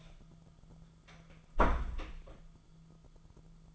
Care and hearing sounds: daily activity, microphone in the room; close door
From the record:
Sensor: 5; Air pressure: 1005.0 hPa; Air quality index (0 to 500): 96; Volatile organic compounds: 2 ppm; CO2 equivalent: 1160 ppm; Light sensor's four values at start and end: 35/81/33/31 and 35/82/33/31

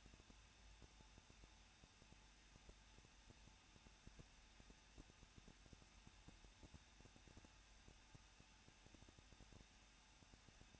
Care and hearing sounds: daily activity, microphone in the room; no activity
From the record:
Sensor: 2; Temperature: 21.0 degrees Celsius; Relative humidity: 37.5%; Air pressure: 1006.3 hPa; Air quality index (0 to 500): 223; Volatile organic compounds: 25 ppm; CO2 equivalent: 2834 ppm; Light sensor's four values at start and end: 2/3/2/2 and 2/3/2/2

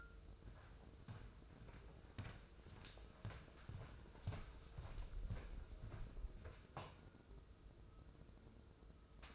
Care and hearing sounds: daily activity, microphone in the room; walk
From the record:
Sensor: 2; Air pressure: 995.8 hPa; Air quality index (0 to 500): 246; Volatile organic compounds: 1000 ppm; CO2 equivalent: 6088 ppm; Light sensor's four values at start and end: 33/79/35/39 and 32/77/34/38

